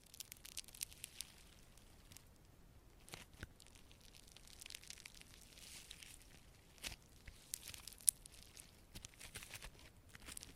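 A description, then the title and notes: Slime being squished and pulled, with a steady run of soft, wet crackles and crinkly pops throughout. Sharper clicks and snaps stand out every second or so, a louder one near eight seconds, over a faint hiss with little low sound. Satisfying Slime Sounds Asmr No Talking.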